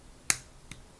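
The battery and SD card door on a GoPro Hero5 Black action camera body is closed and slid back into place until it latches. A sharp, bright click sounds at 0.3 s, followed by a much fainter tick at about 0.7 s. The cover latches shut.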